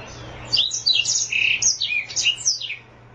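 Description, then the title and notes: Oriental magpie-robin song, a short lively phrase of shrill sliding whistles and chirps, steady low hum in the background. "Kicau Kacer. manukmanukan"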